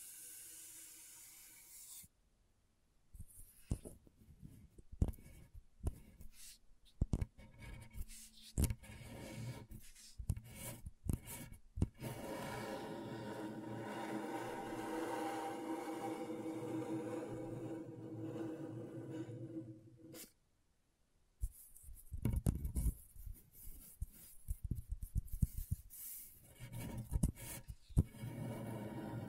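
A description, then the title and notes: Scratchboard being scraped in bursts: short rasping strokes, then a sustained grinding scrape mid-clip, a pause near twenty seconds, and rapid scratches after. ASMR Brain Tingling Scratchboard (No Talking).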